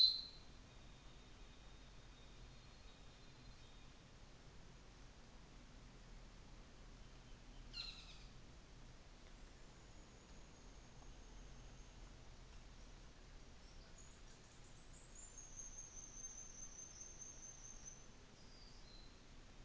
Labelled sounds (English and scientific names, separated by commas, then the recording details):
North Island Saddleback (Philesturnus rufusater), New Zealand Fantail (Rhipidura fuliginosa)
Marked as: faintness 4/5, faintness 2/5, faintness 1/5
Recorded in New Zealand on 24 December 2018
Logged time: 13:10